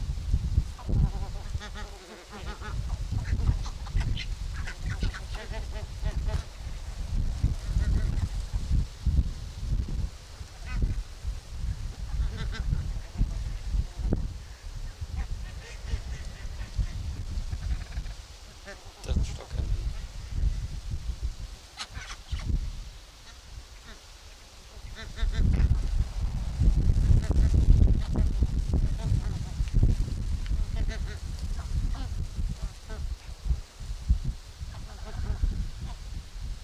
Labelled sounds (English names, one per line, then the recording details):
Bar-headed Goose call
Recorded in captivity
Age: adult
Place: Wildlife Park Shubenacadie, Nova Scotia, CA
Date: 1991-10-10 12:19
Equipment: Sony WM-D6C, Sony ECM-939 LT (Stereo), Kopie Uher 4400 IC
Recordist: Frommolt, Karl-Heinz